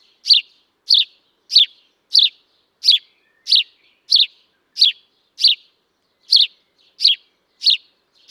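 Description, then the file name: House sparrow giving a steady series of short, sharp chirps, roughly thirteen in eight seconds, with a brief pause in the latter half. "Passer domesticus"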